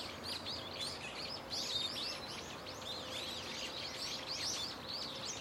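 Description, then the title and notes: Birds twittering, many arched high chirps tumbling over each other in a continuous shower, with a faint steady tone underneath. Many birds calling loudly and continuously from a tetrapod breakwater belt and its trees; recorded with microphone and camera. "テトラ帯とその木々から、けたたましいほどのの鳥たちの鳴き声が・・・！"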